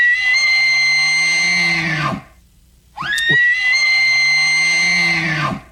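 Elk bugling twice: each call is a long, high, steady whistle with a low groaning undertone, ending in a sharp drop. A short silence separates the calls.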